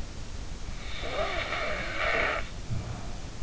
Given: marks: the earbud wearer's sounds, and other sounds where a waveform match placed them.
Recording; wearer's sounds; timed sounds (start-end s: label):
sounds in sleep by an in-ear microphone; snoring breath
1.05-3.37 s: snoring breath